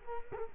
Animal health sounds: mosquito wingbeat signal from an infrared sensor; Culex quinquefasciatus

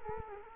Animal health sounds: mosquito wingbeat signal from an infrared sensor; Culex quinquefasciatus

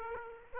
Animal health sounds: mosquito wingbeat signal from an infrared sensor; Aedes aegypti

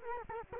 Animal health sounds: mosquito wingbeat signal from an infrared sensor; Culex quinquefasciatus

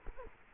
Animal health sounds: mosquito wingbeat signal from an infrared sensor; Culex quinquefasciatus

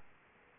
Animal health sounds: mosquito wingbeat signal from an infrared sensor; Aedes aegypti

